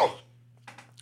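A single abrupt cough from an adult man, then near-silence with a faint steady electrical hum.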